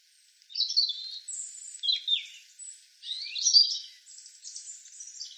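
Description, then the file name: European robin song: a continuous flow of thin, high warbling phrases with quick slurred notes and trills, barely pausing throughout. "Erithacus rubecula"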